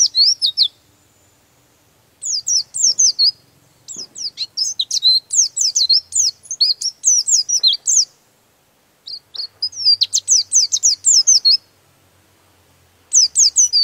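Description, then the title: Bird singing energetic phrases of high, quick, down-slurred chirps in several bursts, with brief silent breaks between them. Used for training songbirds. "Master Burung Jos"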